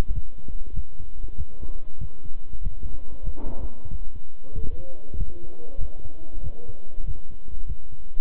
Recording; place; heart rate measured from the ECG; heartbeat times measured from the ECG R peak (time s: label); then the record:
heart sounds by stethoscope; between the tricuspid and mitral areas; 96 bpm
0.12 s: heartbeat
0.73 s: heartbeat
1.35 s: heartbeat
1.98 s: heartbeat
2.61 s: heartbeat
3.23 s: heartbeat
3.88 s: heartbeat
4.53 s: heartbeat
5.16 s: heartbeat
5.78 s: heartbeat
6.41 s: heartbeat
7.04 s: heartbeat
7.65 s: heartbeat
From the record:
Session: walking at 3.7 km/h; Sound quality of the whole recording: good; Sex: male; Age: 26 years